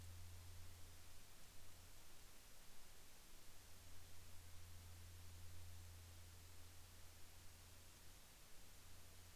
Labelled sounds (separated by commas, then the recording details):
near silence
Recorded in the Arctic National Wildlife Refuge, Alaska, on 12 May 2019 at 15:38
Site 44